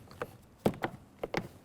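The plastic push clips along the bottom of a 2003–2007 Honda Accord's rear door trim panel are lined up and pressed into the door frame, giving a series of short, dull thunks and knocks. Nothing has seated or clicked home yet.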